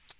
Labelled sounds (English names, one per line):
Tennessee Warbler flight call